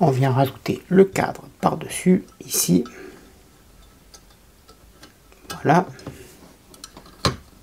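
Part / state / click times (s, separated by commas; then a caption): plastic frame onto scale model car door / seated / 7.2 s. Someone talks while a plastic frame is pressed over the door part of a 1/8 scale Citroën C4 WRC 2008 model car, with a few small handling ticks after the talking stops. A sharp click at 7.3 s marks the frame clipping into place, and it is seated.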